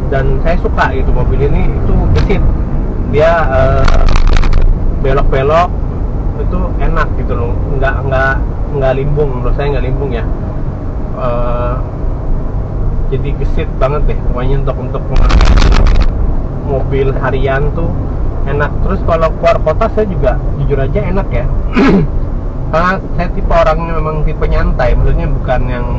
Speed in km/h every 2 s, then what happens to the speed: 38, 36, 35, 37, 41, 45, 44, 43, 46, 49, 46, 46, 43.
0-5 steady at about 36. 5-9 speeds up to 45. 9-17 steady at about 44.